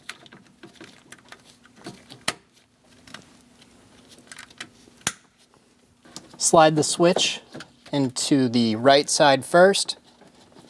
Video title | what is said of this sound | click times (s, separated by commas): How to Replace Climate Control Faceplate 2003-2025 Chevrolet Express 2500 | Install your connectors. Push until you hear a click. | 2.3 s, 5.1 s